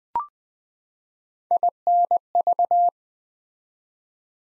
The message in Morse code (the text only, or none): INV